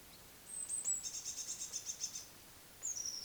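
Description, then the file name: Eurasian blue tit: a thin high note, then a rapid buzzy trill of repeated notes for about a second, and a final high sliding note. "Cyanistes caeruleus"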